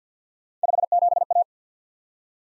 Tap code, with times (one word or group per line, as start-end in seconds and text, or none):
none